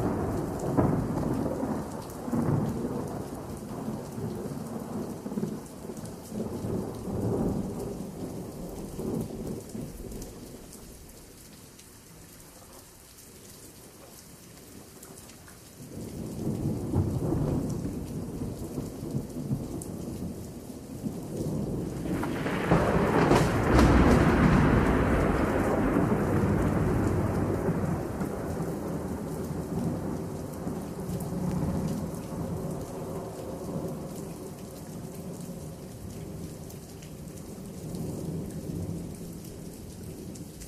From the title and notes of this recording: The sound of rolling thunder and rain. Thunderstorm Sounds.